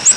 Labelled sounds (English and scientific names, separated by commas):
Ovenbird (Seiurus aurocapilla) flight call